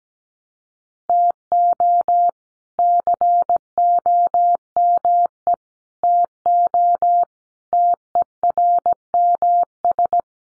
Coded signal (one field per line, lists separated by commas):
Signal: Morse code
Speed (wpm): 17 wpm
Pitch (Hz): 700 Hz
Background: none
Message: TO COME TO TERMS